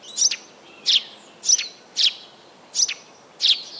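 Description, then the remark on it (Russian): Eurasian tree sparrow chirping: six short, bright chirps repeated at a steady pace of roughly one every half second, each clear and fairly loud with no talking. “Нет, на самом деле это домовый, а вот это полевой.”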